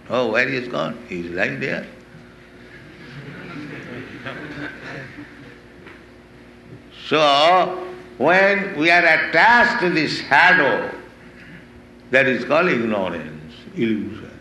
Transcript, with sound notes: "Oh, where he is gone? He is lying there." [laughter] So when we are attached to the shadow, that is called ignorance, illusion.